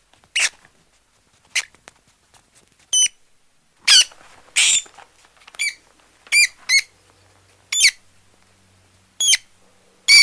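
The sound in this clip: Rat giving about a dozen sharp, high-pitched squeaks at irregular intervals, some slightly buzzy, over a quiet background.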